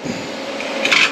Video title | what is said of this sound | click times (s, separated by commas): CAN I FIX THIS BROKEN HAND TRUCK? - LOCAL HARDWARE STORE - HELPING OUT WHERE I CAN | heard it click | 0.9 s